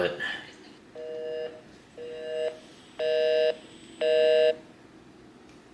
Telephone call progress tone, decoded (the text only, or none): busy tone